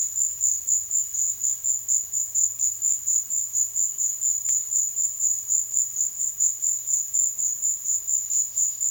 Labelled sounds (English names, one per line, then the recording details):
none
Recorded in secondary vegetation near Puerto Asís, Putumayo, Colombia, on 22 June 2025 at 15:30
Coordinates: 0.500, -76.326
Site GP08